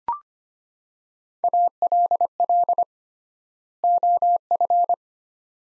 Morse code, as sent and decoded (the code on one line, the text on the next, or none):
.- .-.. .-.. / --- ..-.
ALL OF